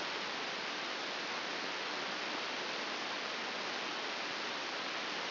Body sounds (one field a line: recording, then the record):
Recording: brain microelectrode recording played as sound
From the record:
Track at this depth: outside the subthalamic nucleus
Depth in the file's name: 6.861 mm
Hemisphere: left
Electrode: 2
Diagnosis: Parkinson's disease